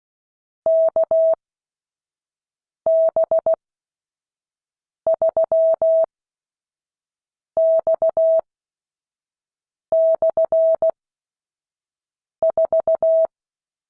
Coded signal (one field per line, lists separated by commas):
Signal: Morse code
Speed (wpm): 16 wpm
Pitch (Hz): 650 Hz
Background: none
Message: KB3X/4